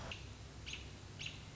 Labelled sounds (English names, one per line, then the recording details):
American Robin
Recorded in Sonoma County, California